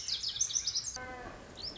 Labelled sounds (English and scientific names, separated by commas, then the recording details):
Lazuli Bunting (Passerina amoena)
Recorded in Sonoma County, California